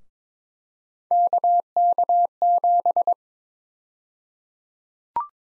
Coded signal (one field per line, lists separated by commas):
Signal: Morse code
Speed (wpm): 22 wpm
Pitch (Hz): 700 Hz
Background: none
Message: KK7